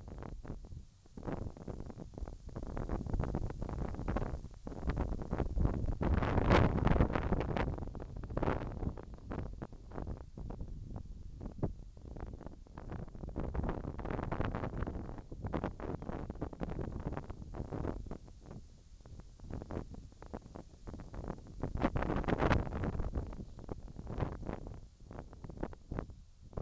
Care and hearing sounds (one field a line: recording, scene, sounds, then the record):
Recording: everyday scene through a hearing-aid microphone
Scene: wind on the microphone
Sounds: wind, whistling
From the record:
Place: in front of a rural house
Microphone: in the ear canal, left